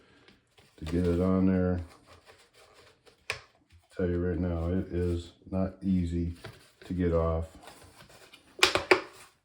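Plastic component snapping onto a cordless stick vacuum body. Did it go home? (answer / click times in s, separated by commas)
partly / 8.6 s, 8.9 s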